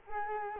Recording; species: mosquito wingbeat signal from an infrared sensor; Culex quinquefasciatus